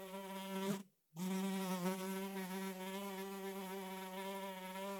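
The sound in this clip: Fly buzz, a sustained low hum that cuts out briefly near the first second, then returns and drones steadily to the end.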